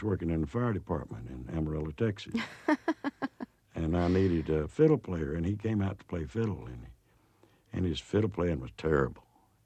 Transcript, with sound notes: he was working in the fire department in Amarillo, Texas.
(LAUGHTER)
And I needed a fiddle player, and he came out to play fiddle. And his fiddle playing was terrible.